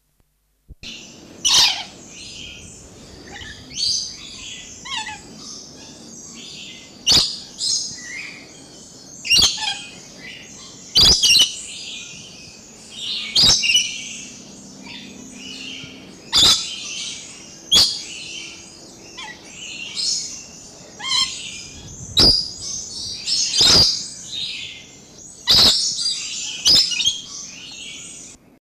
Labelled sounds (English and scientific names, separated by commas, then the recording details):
Coconut Lorikeet (Trichoglossus haematodus) call
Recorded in captivity
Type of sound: call
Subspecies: fortis
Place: Vogelpark Walsrode, Niedersachsen, DE
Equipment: Halbspur, 9,5 cm/s
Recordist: Lütgens, Hans
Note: Rufe